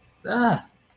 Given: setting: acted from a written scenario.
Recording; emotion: vocal sound without words; negative surprise